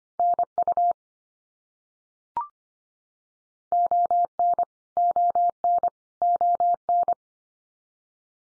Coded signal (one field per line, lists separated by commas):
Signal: Morse code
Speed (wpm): 25 wpm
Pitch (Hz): 700 Hz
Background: none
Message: NU ON ON ON